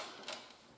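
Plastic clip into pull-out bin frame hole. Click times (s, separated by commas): 0.3 s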